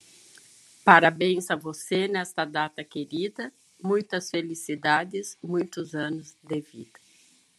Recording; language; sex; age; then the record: short text; Brazilian Portuguese; female; 60 to 69 years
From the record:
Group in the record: control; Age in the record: 66 years